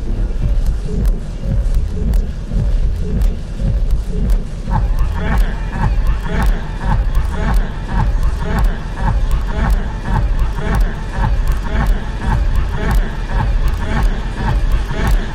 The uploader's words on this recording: Busy walla crowd. I carefully cut six loops from the original recording of sounds that worked for me, then layered them up in Ableton live and jammed with them, adding outboard effect into the mix. Burkina Faso market reimagined by David Webb.